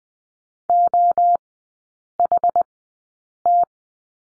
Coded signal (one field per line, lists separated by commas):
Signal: Morse code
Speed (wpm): 20 wpm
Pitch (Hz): 700 Hz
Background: none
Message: OHT